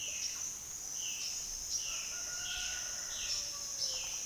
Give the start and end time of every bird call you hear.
[0.00, 4.20] Cyanocorax violaceus

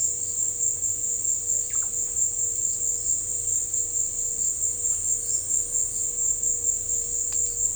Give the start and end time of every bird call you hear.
[1.64, 1.90] Psarocolius angustifrons

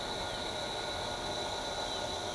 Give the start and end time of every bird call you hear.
[1.83, 2.35] Cyanocorax affinis

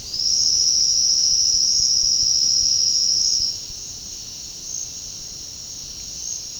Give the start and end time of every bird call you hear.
[0.04, 3.49] Sclateria naevia

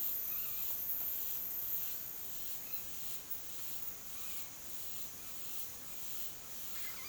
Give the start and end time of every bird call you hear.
[0.23, 0.80] Orthopsittaca manilatus

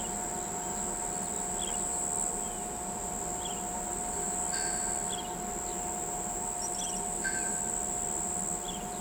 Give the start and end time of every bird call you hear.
[1.57, 1.76] Forpus spengeli
[3.36, 3.59] Forpus spengeli
[5.08, 5.28] Forpus spengeli
[6.59, 7.00] Tyrannus melancholicus
[6.74, 6.98] Forpus spengeli
[8.62, 8.85] Forpus spengeli

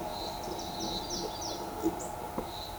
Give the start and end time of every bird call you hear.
[0.41, 1.54] Myiarchus tyrannulus

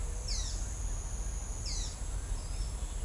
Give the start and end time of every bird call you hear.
[0.20, 3.04] Quiscalus lugubris

